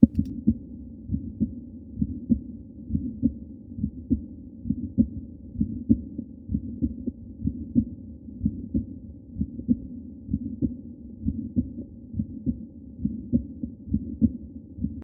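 Regular heartbeat near 65 per minute in a man about 20 with a bicuspid aortic valve, heard at the aortic area: ejection click, diastolic aortic regurgitation murmur and a slightly accentuated second sound.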